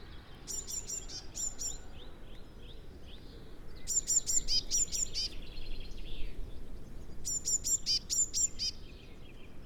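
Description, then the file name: Eurasian blue tit calling in short bursts of sharp, high, ticking notes, with softer chattering between bursts over a steady background hiss. "Cyanistes caeruleus"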